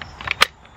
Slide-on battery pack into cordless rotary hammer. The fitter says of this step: so this is fully charged locks into place in the tool